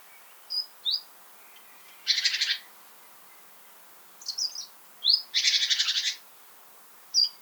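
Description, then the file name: Great tit calls: thin high notes and two rasping, buzzy churr bursts, the second longer, against a quiet background. "Parus major"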